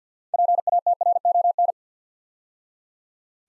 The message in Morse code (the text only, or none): PATRON